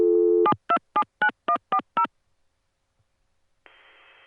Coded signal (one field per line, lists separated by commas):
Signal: DTMF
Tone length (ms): 80 ms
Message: 7279140